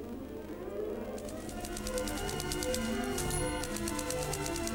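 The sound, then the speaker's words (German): Rapid, regular typewriter key strikes clatter in sharp bright bursts over a soft, sustained musical backdrop, the tapping steady and fairly loud throughout. “Bis hin zur melancholischen Trauer, wenn melodiöse Sentimentalität auf den harten Klang der Schreibmaschine trifft, ein Symbol des Industriezeitalters.”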